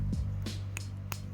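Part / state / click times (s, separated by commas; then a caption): wheel axle into toy car plastic chassis / seated / 0.8 s, 1.1 s. A gold wheel set is pushed into the plastic base of a die-cast Hot Wheels Honda CRX toy car, with a steady low hum underneath. Two sharp, bright clicks at 0.8 s and 1.1 s mark the wheel axle snapping easily into the chassis, and it is seated.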